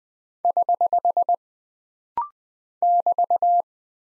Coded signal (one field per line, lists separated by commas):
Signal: Morse code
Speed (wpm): 20 wpm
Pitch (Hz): 700 Hz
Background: none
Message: <HH> <BT>